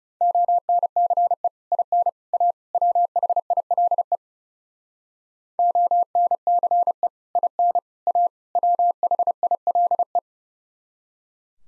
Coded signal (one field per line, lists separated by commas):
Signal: Morse code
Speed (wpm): 40 wpm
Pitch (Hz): 700 Hz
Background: none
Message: ONCE IN A WHILE ONCE IN A WHILE